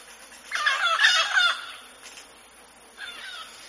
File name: canto do do papagaio moleiro